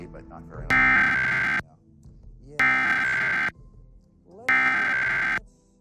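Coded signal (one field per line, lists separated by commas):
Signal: Emergency Alert System (SAME) tones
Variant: header bursts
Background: speech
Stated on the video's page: National EAS test as relayed in New York City.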